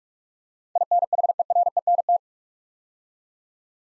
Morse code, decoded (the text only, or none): INHERENT